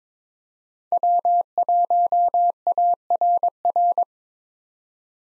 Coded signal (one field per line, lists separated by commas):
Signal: Morse code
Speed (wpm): 22 wpm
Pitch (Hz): 700 Hz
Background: none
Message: W1ARR